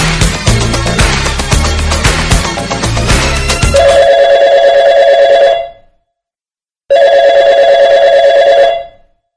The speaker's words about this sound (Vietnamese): Hồi chuông điện thoại đã đánh thức Tư Dao